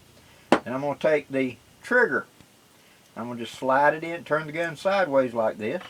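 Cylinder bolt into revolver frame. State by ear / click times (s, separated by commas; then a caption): seated / 0.5 s. The steel cylinder bolt of an 1858 percussion revolver is set with its front tab down and pushed straight down into position next to the hammer, seating with a sharp click at 0.5 s. Someone then talks.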